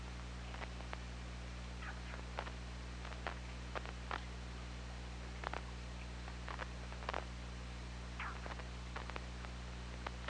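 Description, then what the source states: Killer whale clicks scattered throughout, with a short rising-and-falling tonal call late and a steady low drone beneath. Hydrophone at OrcaLab, 24 August 2017, around 21:18.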